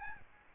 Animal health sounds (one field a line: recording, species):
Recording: mosquito wingbeat signal from an infrared sensor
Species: Aedes albopictus